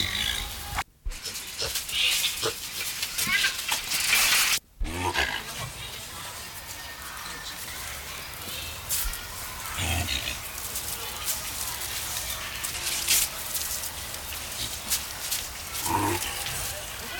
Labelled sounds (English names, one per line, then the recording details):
Mandrill call
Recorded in captivity
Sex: diverse
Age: diverse
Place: Zoo Augsburg, Bayern, DE
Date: 1993-09-04
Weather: 14 °C, bedeckt, z.T. Regen
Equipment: Marantz CP 430, Sennheiser MKH 416 T, Kopie Uher Variocord 263
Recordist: Tembrock, Günter